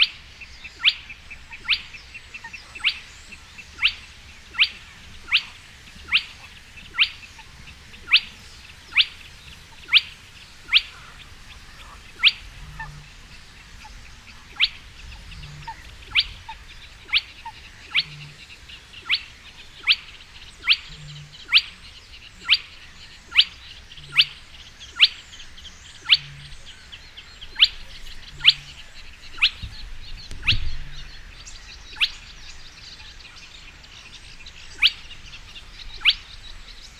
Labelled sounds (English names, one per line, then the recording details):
Spotted Crake
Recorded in the wild
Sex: male
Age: adult
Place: Kützerhof, Kummerower See, Mecklenburg-Vorpommern, DE
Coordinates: 53.8494, 12.8597
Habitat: wetland
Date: 2008-06-10
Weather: heiter, ca. 15°C, fast windstill
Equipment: Sound Devices 702, Sennheiser MKH 70, Windkorb
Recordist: Frommolt, Karl-Heinz